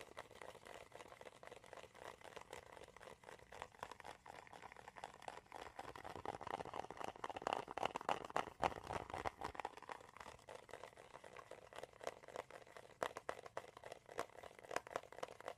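Tapping and scratching on wood, cork and cardboard, with no talking. A dense, continuous run of quick dry clicks and scrapes fills the whole clip, mostly mid-pitched, building a little louder and busier around the middle before settling back.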